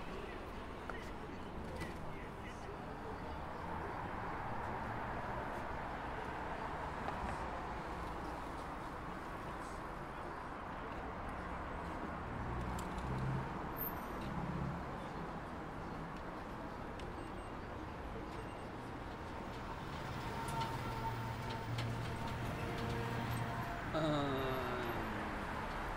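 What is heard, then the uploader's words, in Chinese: City sound: a steady wash of traffic and voices at an even level throughout, with a brief rising tone near twenty-four seconds. 坐在300快外晒太阳｜城市声音。很喜欢300快外公交，坐在二层的第一排，被太阳从头到脚晒着，很浪漫。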